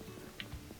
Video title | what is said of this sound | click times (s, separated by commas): Kenmore Washer Won’t Agitate Or Spin | and it locks in i'm using two thumbs | 0.4 s